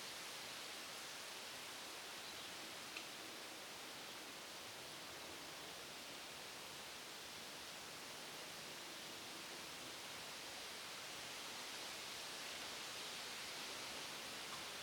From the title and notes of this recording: The wind rustles through the trees in the walking trails around Hobby Horse Farms, Annapolis Valley, Nova Scotia. The Wind at Hobby Horse Farms.